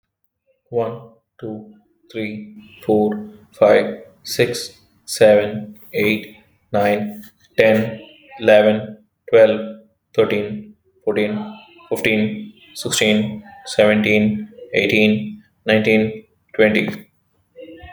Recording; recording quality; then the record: counting at a normal pace; excellent, no background noise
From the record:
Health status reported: healthy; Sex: male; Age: 38 years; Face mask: not worn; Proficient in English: yes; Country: India